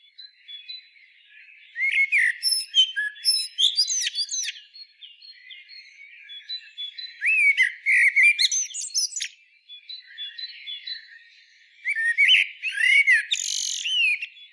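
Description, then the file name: Common blackbird song: three loud bursts of fluty whistles and squeaky twitters about five seconds apart, soft thin whistles continuing between them. "Turdus merula"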